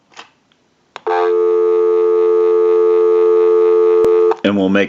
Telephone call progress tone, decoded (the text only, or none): dial tone